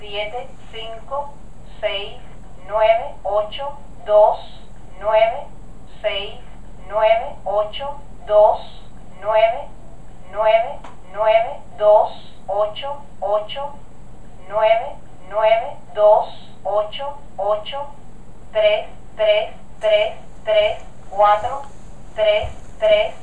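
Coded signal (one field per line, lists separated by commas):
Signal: numbers station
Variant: Spanish female voice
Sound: monotone female voice reading single Spanish numbers at a steady pace, tres repeated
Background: faint low hum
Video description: This machine pronounces, in a monotone voice, a string of numbers used by intelligence agencies for one-way shortwave radio communication with their agents in enemy countries.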